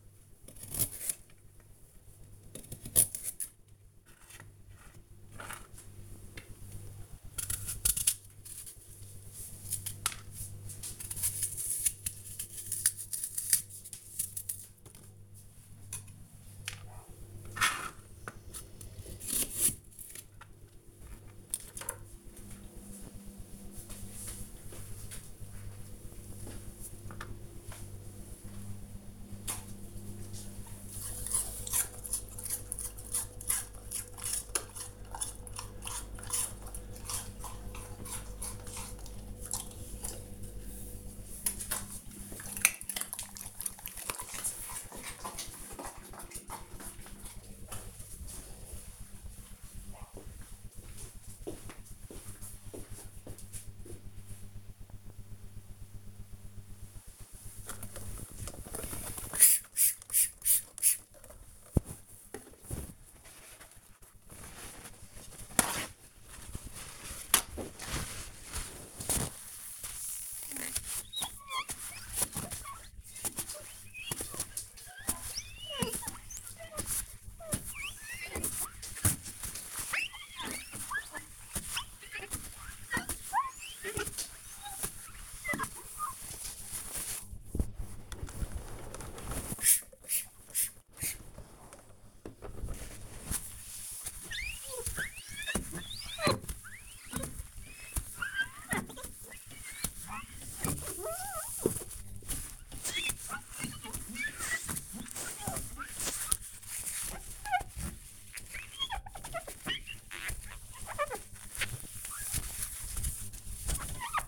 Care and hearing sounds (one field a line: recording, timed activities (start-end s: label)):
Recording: household activities, microphone on the right wrist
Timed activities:
0.00-20.67 s: cutting vegetables
56.84-114.28 s: window cleaning